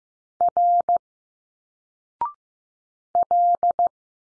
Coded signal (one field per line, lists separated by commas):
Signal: Morse code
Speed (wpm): 15 wpm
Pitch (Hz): 700 Hz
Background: none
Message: R L